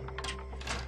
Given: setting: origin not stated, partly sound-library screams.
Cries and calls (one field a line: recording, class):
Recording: one-second piece from a danger detection set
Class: normal situation